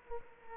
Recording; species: mosquito wingbeat signal from an infrared sensor; Culex quinquefasciatus